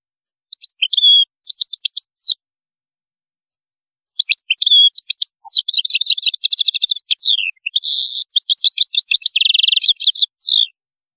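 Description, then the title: European goldfinch song: a quick tinkling phrase, a pause, then an extended run of rapid repeated notes, buzzy trills and descending slurs. "Chant Chardonneret"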